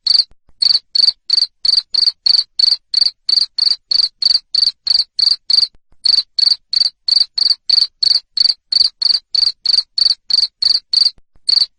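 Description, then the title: Cricket giving a loud, even train of short, shrill chirps that repeat rapidly, broken by a short gap or two; nothing else audible. Loud cricket chirping played to make lovebirds sing continuously. "Suara JANGKRIK NGERIK Keras Bikin LOVEBIRD Jadi NGEKEK Terus Vubey"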